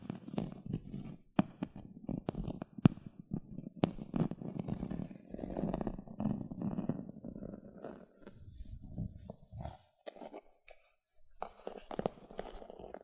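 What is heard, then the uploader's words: Gentle scratching, with soft rustling textures and a low murmur running under it. Sharp clicky taps punctuate it irregularly, with brief pauses near ten seconds. Near the end, brighter, more distinct scratches come in short bursts. ASMR 6 Tingly Gentle Scratching Sounds (No Talking).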